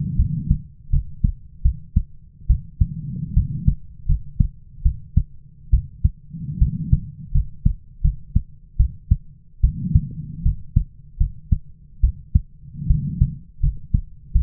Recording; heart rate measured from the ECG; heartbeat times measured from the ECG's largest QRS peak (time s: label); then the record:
heart sounds by stethoscope; 76 bpm
0.17 s: heartbeat
0.90 s: heartbeat
1.63 s: heartbeat
2.47 s: heartbeat
3.34 s: heartbeat
4.07 s: heartbeat
4.83 s: heartbeat
5.71 s: heartbeat
6.59 s: heartbeat
7.32 s: heartbeat
8.02 s: heartbeat
8.77 s: heartbeat
9.61 s: heartbeat
10.43 s: heartbeat
11.18 s: heartbeat
12.01 s: heartbeat
12.87 s: heartbeat
13.61 s: heartbeat
14.33 s: heartbeat
From the record:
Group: healthy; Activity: rest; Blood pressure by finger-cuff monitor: 106/66 mmHg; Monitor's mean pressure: 78 mmHg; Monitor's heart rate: 72 bpm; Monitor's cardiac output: 6.5 L/min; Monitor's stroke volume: 88 mL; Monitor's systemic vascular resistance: 860 dyn s/cm5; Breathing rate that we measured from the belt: 18 breaths a minute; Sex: female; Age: 22 years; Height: 157 cm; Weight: 47.6 kg